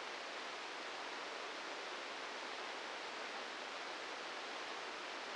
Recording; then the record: brain microelectrode recording played as sound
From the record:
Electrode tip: inside the subthalamic nucleus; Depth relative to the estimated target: -2 mm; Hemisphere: right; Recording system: NeuroSet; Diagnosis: Parkinson's disease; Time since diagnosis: 10 years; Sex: male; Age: 56 years